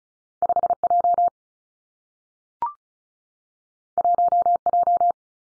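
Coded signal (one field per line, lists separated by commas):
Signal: Morse code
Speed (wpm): 36 wpm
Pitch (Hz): 700 Hz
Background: none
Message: 5 J 1 J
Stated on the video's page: Morse practice at 35 wpm on confusable letter-number pairs, each combination sent twice for head-copy training.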